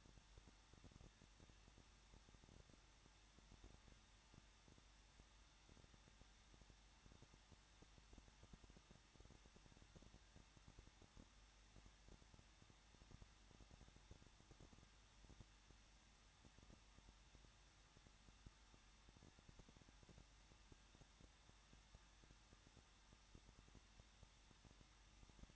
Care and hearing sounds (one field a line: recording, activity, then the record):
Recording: daily activity, microphone in the room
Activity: no activity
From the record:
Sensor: 3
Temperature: 21.2 degrees Celsius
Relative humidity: 36.3%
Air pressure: 1006.3 hPa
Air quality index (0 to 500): 221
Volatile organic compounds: 40 ppm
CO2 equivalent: 3156 ppm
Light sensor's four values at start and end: 2/3/2/2 and 2/3/2/2